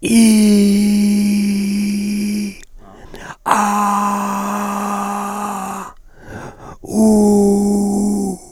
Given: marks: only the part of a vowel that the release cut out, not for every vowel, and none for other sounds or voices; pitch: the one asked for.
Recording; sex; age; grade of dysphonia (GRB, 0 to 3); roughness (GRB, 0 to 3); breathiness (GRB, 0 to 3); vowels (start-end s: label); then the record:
sustained vowels; male; 60 to 69 years; 3; 1; 3
0.27-1.93 s: vowel /i/, high pitch
3.58-5.02 s: vowel /a/, high pitch
7.06-8.12 s: vowel /u/, high pitch
From the record:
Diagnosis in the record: frontolateral partial laryngectomy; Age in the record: 67 years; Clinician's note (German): Zustand nach Hemilaryngektomie mit mäßiger Dysphonie, leichte supraglottale Kompensation